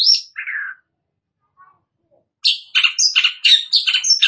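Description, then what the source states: Long-tailed shrike song with a high whistle and a lower rasping phrase, a pause, then a jumble of harsh, scratchy chattering notes. Bird described as 'gacor', meaning singing vigorously.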